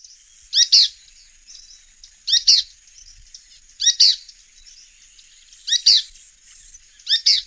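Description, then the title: Bird chirping: high, sharp double chirps repeated at fairly even intervals, five bursts in all, with a faint steady hiss behind. "LuckyPassaro Completos2Sama"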